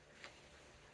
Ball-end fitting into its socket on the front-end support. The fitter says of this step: pushing that little ball in, and then when it's straight, it locks into place.